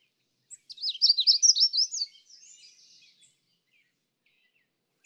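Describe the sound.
Magnolia warbler song, a quick series of bright, high notes followed by a softer, buzzy trailing phrase, with a few faint chips.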